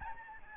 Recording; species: mosquito wingbeat signal from an infrared sensor; Aedes albopictus